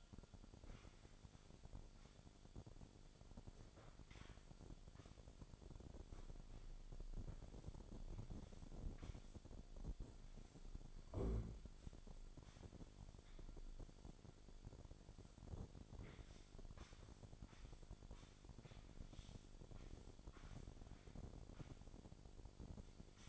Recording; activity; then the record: daily activity, microphone in the room; sweep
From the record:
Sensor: 5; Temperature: 26.3 degrees Celsius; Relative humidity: 38.1%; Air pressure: 1007.1 hPa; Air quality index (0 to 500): 179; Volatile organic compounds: 5 ppm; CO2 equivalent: 1708 ppm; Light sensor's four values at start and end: 56/159/62/62 and 57/160/62/63